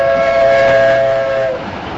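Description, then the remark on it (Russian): A passenger train travelling from Saint Petersburg to Polotsk rolls steadily along the rails with a continuous rumble, while a sustained tonal horn-like drone rings over it and drops away after about a second and a half. “А в это время другой очевидец, протоиерей Георгий Шавельский, который спешил в Полоцк на торжества из Петербурга, из окна поезда видел такую картину.”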